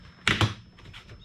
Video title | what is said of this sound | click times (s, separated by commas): 2016-2019 Chevrolet Cruze (2nd Gen) Outside Rearview Mirror Replacement | That sounds like it's snapping in. I think we're good. | 0.3 s